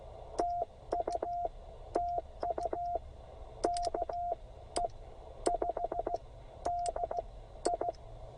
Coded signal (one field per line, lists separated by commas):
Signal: Morse code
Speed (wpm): 15 wpm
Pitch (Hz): 720 Hz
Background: radio noise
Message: TU TU KE5DI